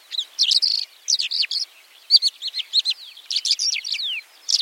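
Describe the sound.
White-winged lark twittering calls, a quick run of sharp chirps and short whistled slurs, delivered in tight bursts with brief pauses between them.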